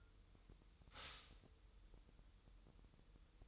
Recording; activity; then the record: daily activity, microphone in the room; stop toaster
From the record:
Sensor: 3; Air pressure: 988.5 hPa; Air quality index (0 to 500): 194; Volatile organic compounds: 292 ppm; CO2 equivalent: 4464 ppm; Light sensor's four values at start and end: 23/72/30/26 and 23/72/30/26